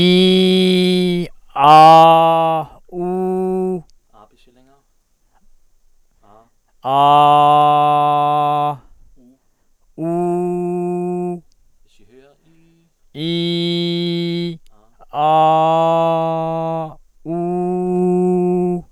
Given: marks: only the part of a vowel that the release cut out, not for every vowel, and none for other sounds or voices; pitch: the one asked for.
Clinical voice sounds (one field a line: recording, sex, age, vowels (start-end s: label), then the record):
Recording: sustained vowels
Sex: male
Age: 30 to 39 years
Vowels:
0.00-0.83 s: vowel /i/, normal pitch
7.07-8.54 s: vowel /a/, normal pitch
10.55-11.23 s: vowel /u/, normal pitch
13.26-14.33 s: vowel /i/, high pitch
16.15-16.82 s: vowel /a/, high pitch
17.32-18.72 s: vowel /u/, high pitch
From the record:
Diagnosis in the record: hypernasality, velopharyngoplasty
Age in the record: 36 years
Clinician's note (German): Bei LKG-Spalte, und Zustand nach Velopharyngoplastik